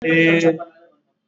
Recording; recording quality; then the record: sustained vowel as in made; moderate, slight background noise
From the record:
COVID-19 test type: RT-PCR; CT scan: not taken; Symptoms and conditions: cough, cold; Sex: male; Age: 20 years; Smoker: no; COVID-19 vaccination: both doses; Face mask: worn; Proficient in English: yes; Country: India